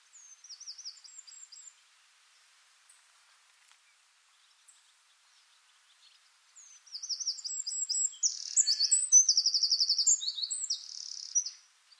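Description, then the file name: Eurasian wren song: a short high trill, a long quiet gap, then a loud burst of rapid, shrill trills and chattering notes lasting about five seconds. "Troglodytes troglodytes"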